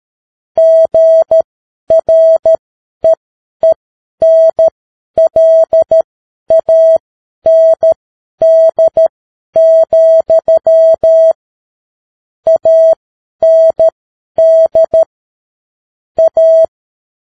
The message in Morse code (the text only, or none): GREENLAND, AND A